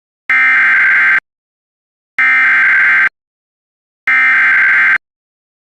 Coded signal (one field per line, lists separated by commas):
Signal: Emergency Alert System (SAME) tones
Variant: header bursts